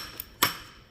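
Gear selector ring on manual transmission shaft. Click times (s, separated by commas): 0.2 s, 0.4 s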